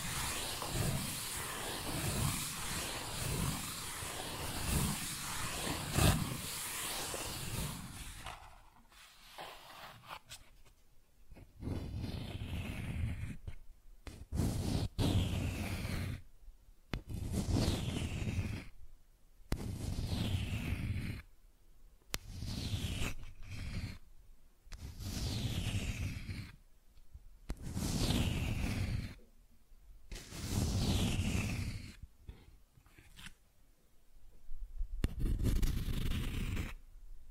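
Cardboard is scratched continuously for eight seconds, then torn in a series of short rasping strokes about every two seconds, separated by silences.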